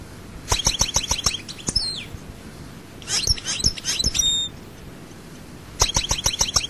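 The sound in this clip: European goldfinch song in three short bursts of quick, tinkling chirps separated by brief silences.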